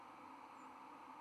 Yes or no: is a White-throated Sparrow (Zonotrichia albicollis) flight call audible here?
no